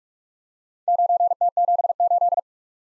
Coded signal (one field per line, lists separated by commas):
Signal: Morse code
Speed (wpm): 44 wpm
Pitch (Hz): 700 Hz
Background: none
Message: 9T78